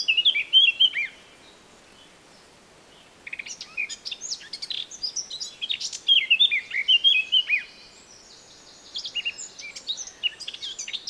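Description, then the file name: Eurasian blackcap singing in bursts: a short scratchy warble, silence, then a longer rich phrase of twittering and clear notes, and another phrase beginning near the end. "Sylvia atricapilla"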